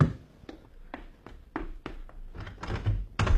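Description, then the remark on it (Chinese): Knocking on a door: half a dozen evenly spaced dull thuds, then a quicker, louder flurry of knocks toward the end, with no voices. “谁呀？ 开门啊！”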